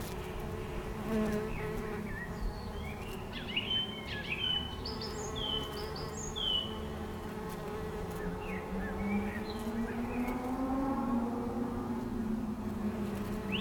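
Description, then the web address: Bees buzzing in low, wavering hums that rise and fall in pitch, with short bright bird chirps and twitters scattered above throughout. Recorded July 2012, with birds. "2012 07 bees-birds-bikes bees"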